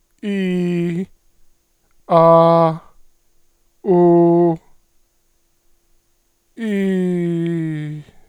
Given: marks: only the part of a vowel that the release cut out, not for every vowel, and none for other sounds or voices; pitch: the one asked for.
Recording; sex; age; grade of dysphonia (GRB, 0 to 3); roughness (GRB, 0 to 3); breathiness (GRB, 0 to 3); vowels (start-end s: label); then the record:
sustained vowels; male; 30 to 39 years; 1; 0; 0
0.29-0.90 s: vowel /i/, high pitch
2.15-2.66 s: vowel /a/, high pitch
3.94-4.48 s: vowel /u/, high pitch
6.77-7.66 s: vowel /i/, normal pitch
From the record:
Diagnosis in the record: hyperfunctional dysphonia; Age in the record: 38 years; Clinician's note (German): Multifaktoriell, ponogen